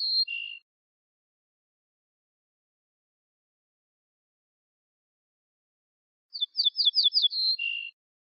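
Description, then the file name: Ortolan bunting song: end of one phrase, a long silence, then a run of quick downslurred notes closing with two lower drawn-out tones. "suara kicauan ortolan"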